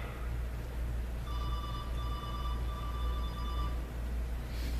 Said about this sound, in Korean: 하나님께서 전화하신다. 빨리 받으세요. 여러분, 교회 들어올 때는 핸드폰을 끄고 들으세요.